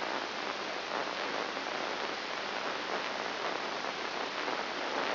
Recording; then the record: brain microelectrode recording played as sound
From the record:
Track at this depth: inside the subthalamic nucleus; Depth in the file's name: 2.304 mm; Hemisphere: left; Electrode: 3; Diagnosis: Parkinson's disease